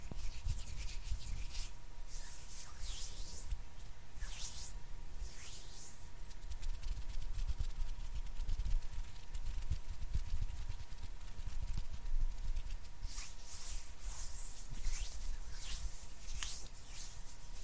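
Hands rub and brush against each other in quick, dense bursts of bright swishing, with clusters around 2–5 seconds and again from 13–17 seconds. A low rumble sits underneath throughout, and a faint steady tone hums in the background.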